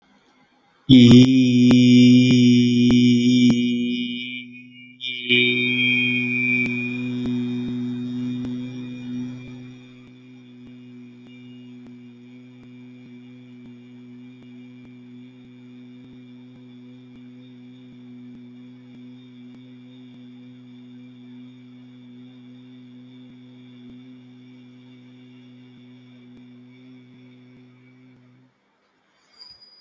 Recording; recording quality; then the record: sustained vowel as in beet; excellent, no background noise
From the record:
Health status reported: recovered from COVID-19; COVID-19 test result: negative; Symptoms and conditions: none ticked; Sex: male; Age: 24 years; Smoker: not ticked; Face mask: not worn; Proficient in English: yes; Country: India